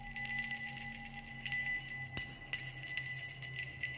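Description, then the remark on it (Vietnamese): An eerie, hazy bell rings on and on from behind a bedroom window, its steady shimmering tones hanging in the air with a few soft knocks and clicks, with no voices. “Nó giỏng tai nghe, tiếng chuông kỳ lạ lại tiếp tục vang lên, mơ mơ, hồ hồ, không rõ.”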